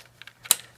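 A wiring harness connector is pushed onto the next ignition coil of a 2003–2008 Toyota Matrix/Corolla 1ZZ-FE engine during a valve cover gasket replacement. A few faint ticks come first, then a sharp plastic latch click at 0.5 s as the connector snaps in and seats.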